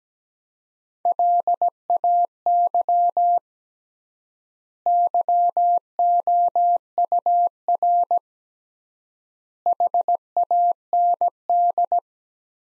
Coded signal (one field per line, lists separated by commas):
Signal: Morse code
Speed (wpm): 17 wpm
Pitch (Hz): 700 Hz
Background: none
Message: LAY YOUR HAND